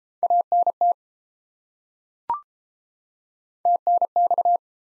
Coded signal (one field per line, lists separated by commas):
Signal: Morse code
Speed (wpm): 30 wpm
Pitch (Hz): 700 Hz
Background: none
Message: ANT TNX